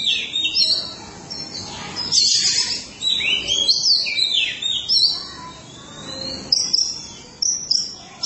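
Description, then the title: Oriental magpie-robin song, a varied, continuous stream of high whistles, slurred notes and scratchy phrases with brief pauses between bursts. Chirping song (kicauan) of the bird. "Suara Kicauan Burung Kacer Durasi Panjang"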